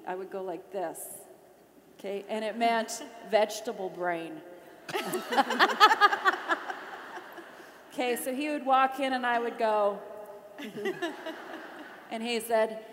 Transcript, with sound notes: I would go like this. It meant vegetable brain. (laughter) So he would walk in and I would go—and he said,